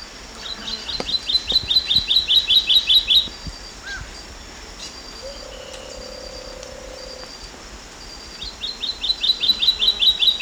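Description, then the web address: Olivaceous greenlet song: a rapid series of high, sweet chirping notes, repeated after a pause, with a low hum and a faint insect buzz behind. Recorded in Ecuador. "Birds of Ecuador. Olivaceous Greenlet"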